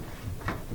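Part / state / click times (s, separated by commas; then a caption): rubber door boot onto washer front panel rim / not seated / none. The rubber door boot lip of a Whirlpool front-load washer, replaced because the old one was moldy, is worked over the front cabinet rim at the 6 o'clock position. Quiet handling rubs are heard, with a brief scuff at about 0.5 s. Nothing has seated or clicked yet.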